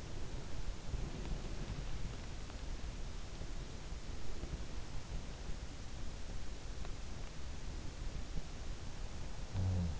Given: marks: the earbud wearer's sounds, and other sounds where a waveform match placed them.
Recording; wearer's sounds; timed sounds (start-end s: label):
sounds in sleep by an in-ear microphone; body movement
0.00-1.96 s: body movement
9.39-9.99 s: sound from someone else or the room